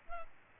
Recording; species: mosquito wingbeat signal from an infrared sensor; Culex pipiens